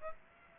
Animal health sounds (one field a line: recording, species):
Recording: mosquito wingbeat signal from an infrared sensor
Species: Aedes aegypti